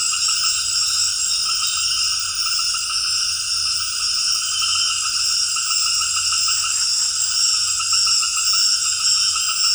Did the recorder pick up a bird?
no